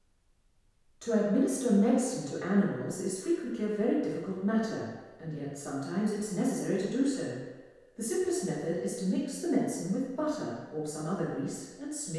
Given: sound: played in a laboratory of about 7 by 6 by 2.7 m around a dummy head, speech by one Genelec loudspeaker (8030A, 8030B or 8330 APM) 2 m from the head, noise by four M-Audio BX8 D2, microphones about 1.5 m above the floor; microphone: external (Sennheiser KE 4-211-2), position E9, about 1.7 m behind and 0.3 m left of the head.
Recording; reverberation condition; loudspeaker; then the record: female speech in English; high; 120 degrees to the right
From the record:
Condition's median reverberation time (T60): about 1300 ms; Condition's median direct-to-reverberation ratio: about -4.0 dB